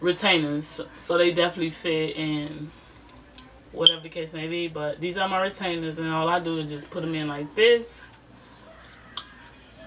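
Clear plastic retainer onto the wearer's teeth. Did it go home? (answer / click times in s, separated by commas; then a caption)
yes / 9.2 s. Someone talks while pushing a clear plastic dental retainer onto their teeth. A short, sharp snap at 9.2 seconds marks the retainer seating onto the teeth.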